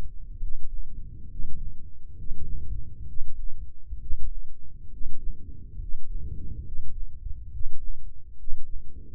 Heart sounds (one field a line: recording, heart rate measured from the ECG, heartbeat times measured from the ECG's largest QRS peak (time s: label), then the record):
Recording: heart sounds by microphone in the left ear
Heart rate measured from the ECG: 68 bpm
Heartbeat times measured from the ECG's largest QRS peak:
0.39 s: heartbeat
1.28 s: heartbeat
2.15 s: heartbeat
3.06 s: heartbeat
3.98 s: heartbeat
4.90 s: heartbeat
5.78 s: heartbeat
6.63 s: heartbeat
7.50 s: heartbeat
8.36 s: heartbeat
From the record:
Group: healthy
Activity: rest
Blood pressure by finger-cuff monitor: 115/74 mmHg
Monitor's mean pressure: 85 mmHg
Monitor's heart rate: 67 bpm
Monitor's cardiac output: 6.4 L/min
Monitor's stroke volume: 94 mL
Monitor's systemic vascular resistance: 1010 dyn s/cm5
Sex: male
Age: 23 years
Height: 178 cm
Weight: 96.6 kg